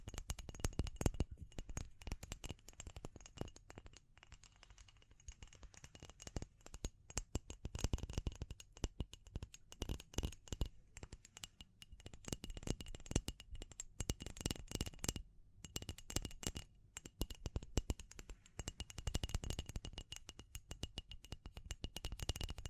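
Dense, rapid tapping and scratching runs for the whole clip, a busy stream of sharp clicks and rustles with little pause. The texture stays fairly even, briefly thinning near 15 seconds, while a faint steady high whine sits underneath throughout.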